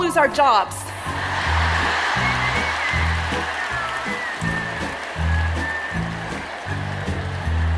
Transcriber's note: laughter and applause